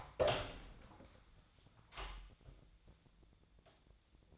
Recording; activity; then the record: daily activity, microphone in the room; open door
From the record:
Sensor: 3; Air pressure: 1009.2 hPa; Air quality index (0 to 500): 196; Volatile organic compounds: 4 ppm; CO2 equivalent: 1578 ppm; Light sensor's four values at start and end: 44/115/50/50 and 44/115/50/50